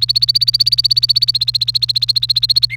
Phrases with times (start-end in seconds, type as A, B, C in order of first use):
0.00-2.66 A, 2.70-2.76 B